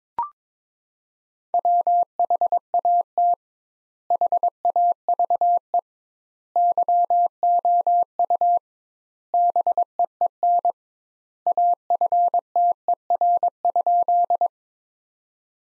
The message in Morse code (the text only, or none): WHAT HAVE YOU BEEN AFTER?